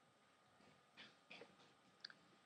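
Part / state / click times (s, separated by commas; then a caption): display flex connector onto phone logic board / seated / 2.1 s. Ribbon-cable flex connectors for the digitizer, LCD, front speaker and camera are pressed onto the logic board of an iPhone 5C, lining up before snapping in. Soft handling rustles come around 1.0 and 1.3 s, then a sharp, tiny click at 2.1 s as the display flex connector seats, followed by a faint tick just after. The connector is confirmed clicked into place.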